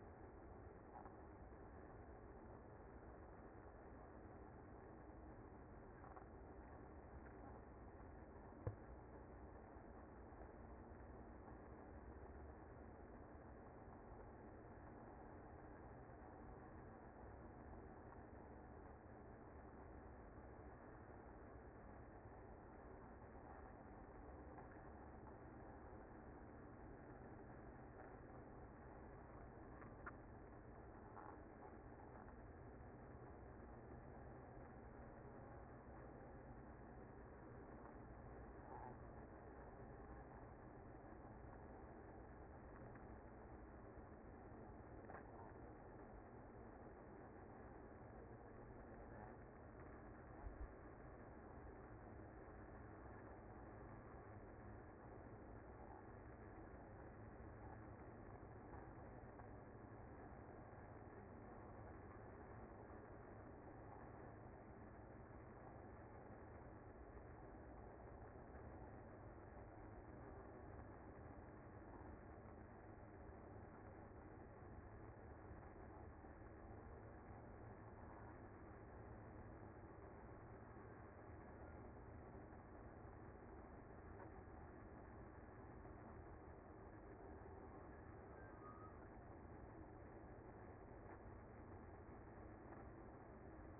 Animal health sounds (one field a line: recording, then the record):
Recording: honeybee colony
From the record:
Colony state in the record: active